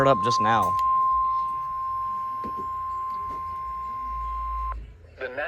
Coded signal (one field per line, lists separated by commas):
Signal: Emergency Alert System (SAME) tones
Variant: 1050 Hz attention tone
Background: speech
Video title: The Typical (EAS 536-548)